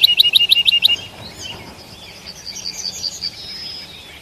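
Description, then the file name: Lark singing a rapid run of sharp, high, repeated notes, then a fainter, rambling twittering warble. "Bird Lark Sound"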